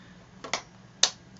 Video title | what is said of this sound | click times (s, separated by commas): Newertechnology NuGuard Gripbase Podium for iPad - Unboxing , Assembly , Review | and you hear it lock into place and at that point your ipad is mounted to the newer technology grip-based podium | 1.0 s